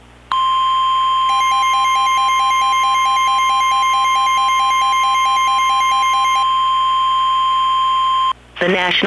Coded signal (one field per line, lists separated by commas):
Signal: Emergency Alert System (SAME) tones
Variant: 1050 Hz attention tone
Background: speech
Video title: EAS mock: Stormyland: Contaminated Rotini & Contaminated Water Warning